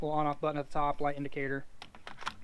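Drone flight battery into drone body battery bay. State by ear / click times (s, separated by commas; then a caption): seated / 2.3 s. Someone talks, then a flight battery is slid into the battery bay at the top of a Ruko F11 GIM2 4K drone body, making a few short clicks and knocks. It clicks into its latch at 2.3 s and is seated.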